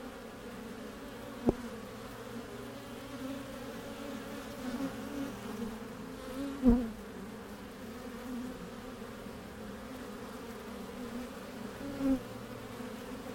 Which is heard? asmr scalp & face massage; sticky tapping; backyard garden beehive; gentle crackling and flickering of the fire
backyard garden beehive